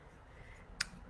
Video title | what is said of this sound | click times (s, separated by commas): Is your Pepper Spray expired? How do I check? How do I change it? | this one has needs a little bit more of an oomph to get it clicked in so it's clicked back in | 0.8 s